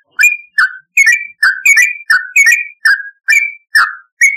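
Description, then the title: Yellow-vented bulbul giving bright, slurred whistled notes in short bursts, roughly two or three per second. "Trucukan"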